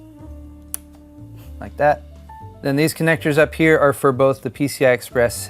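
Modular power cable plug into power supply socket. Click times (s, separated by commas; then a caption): 0.7 s. A modular power cable plug is pushed into the power supply socket until its plastic snap latches, giving a sharp click at 0.7 s over a low background hum. After a short pause, someone talks. The plug is seated.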